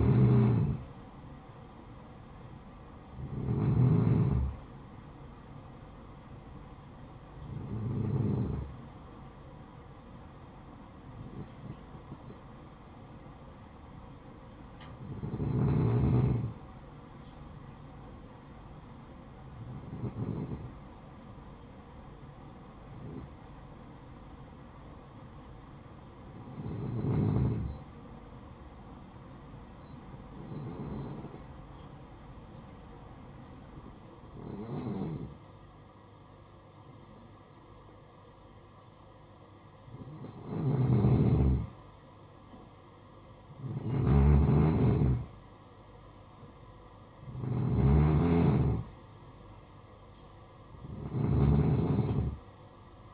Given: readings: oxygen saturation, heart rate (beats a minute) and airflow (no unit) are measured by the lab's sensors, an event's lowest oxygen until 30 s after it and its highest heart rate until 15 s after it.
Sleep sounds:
breathing in sleep by a smartphone at the bedside; 1
10.00-53.14 s: new sleep stage, N2 (light sleep)
21.00-42.30 s: hypopnea (N2, oxygen 96% highest, then 91% lowest, heart rate 56 at the start, 62 highest)
From the record:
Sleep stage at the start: N1 (lightest sleep); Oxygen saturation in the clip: 91 to 96%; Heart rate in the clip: 53 to 62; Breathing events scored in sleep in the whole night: 573 in 9.8 hours asleep

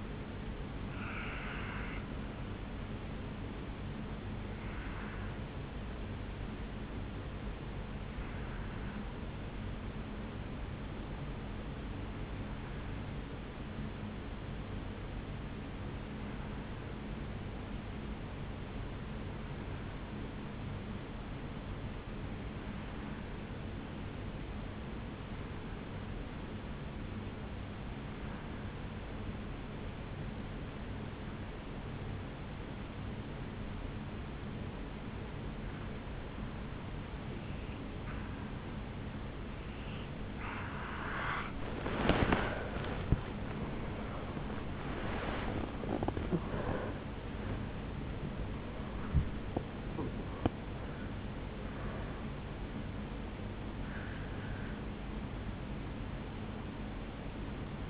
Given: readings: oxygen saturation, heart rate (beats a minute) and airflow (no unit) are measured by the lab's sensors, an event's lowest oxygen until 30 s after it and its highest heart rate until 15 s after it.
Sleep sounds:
breathing in sleep by a voice recorder at the bedside; 1
5.00-44.50 s: hypopnea (N2, oxygen 96% highest, then 87% lowest, heart rate 55 at the start, 77 highest)
32.00-57.90 s: new sleep stage, N1 (lightest sleep)
From the record:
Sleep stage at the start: N2 (light sleep); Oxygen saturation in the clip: 85 to 96%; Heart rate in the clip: 53 to 77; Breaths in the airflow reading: 6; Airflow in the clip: -10.8 to 8.8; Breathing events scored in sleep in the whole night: 449 in 7.0 hours asleep

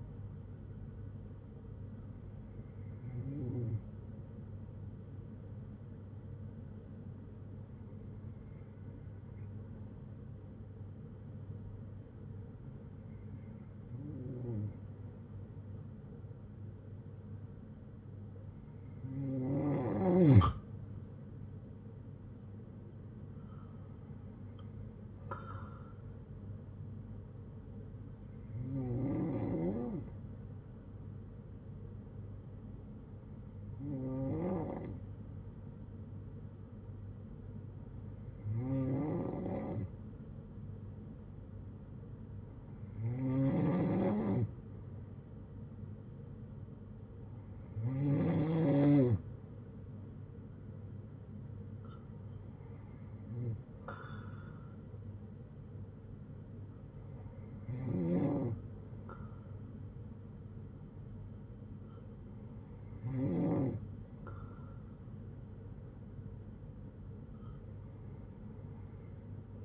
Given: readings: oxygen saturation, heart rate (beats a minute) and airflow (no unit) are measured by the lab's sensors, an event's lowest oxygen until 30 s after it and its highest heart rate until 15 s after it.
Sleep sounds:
breathing in sleep by a smartphone at the bedside; 1
3.00-22.10 s: hypopnea (N2, oxygen 97% highest, then 95% lowest, heart rate 60 at the start, 75 highest)
From the record:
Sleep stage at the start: N2 (light sleep); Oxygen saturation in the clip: 94 to 97%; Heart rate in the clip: 55 to 75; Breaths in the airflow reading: 13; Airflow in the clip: -7.5 to 6.3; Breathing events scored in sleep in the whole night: 182 in 7.4 hours asleep

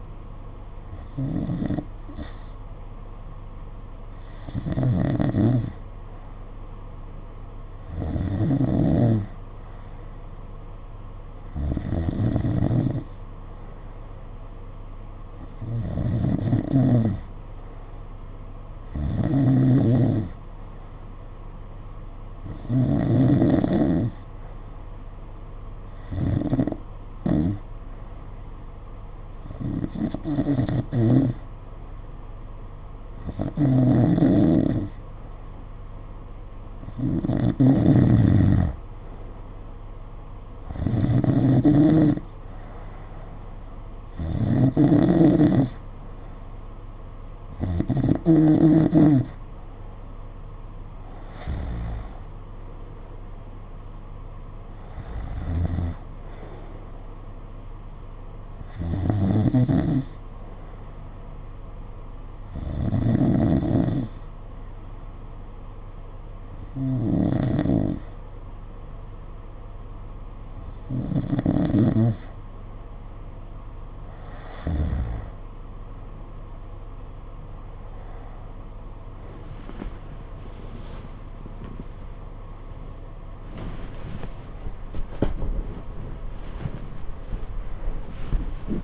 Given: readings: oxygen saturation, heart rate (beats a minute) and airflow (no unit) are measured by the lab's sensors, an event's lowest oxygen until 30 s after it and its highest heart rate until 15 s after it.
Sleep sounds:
breathing in sleep by a smartphone at the bedside; 1
64.00-78.80 s: hypopnea (N2, oxygen 93% highest, then 91% lowest, heart rate 53 at the start, 70 highest)
87.00-88.84 s: new sleep stage, N1 (lightest sleep)
From the record:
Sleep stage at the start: N2 (light sleep); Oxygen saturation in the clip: 89 to 93%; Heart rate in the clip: 50 to 66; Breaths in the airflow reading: 24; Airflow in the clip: -8.9 to 9.5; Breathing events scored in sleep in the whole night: 476 in 9.7 hours asleep

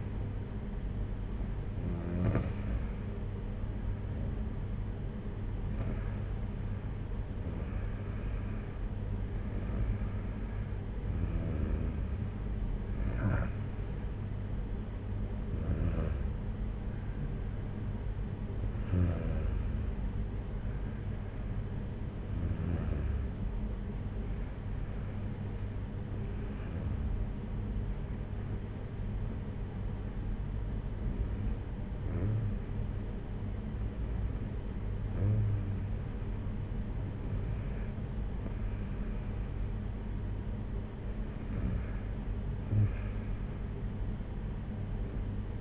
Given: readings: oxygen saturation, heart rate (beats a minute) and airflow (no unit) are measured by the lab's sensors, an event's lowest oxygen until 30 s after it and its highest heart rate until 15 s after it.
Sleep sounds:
breathing in sleep by a smartphone at the bedside; none
none scored
From the record:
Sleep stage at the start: REM sleep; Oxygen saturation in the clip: 93 to 95%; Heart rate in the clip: 59 to 67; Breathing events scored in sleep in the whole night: 226 in 8.8 hours asleep

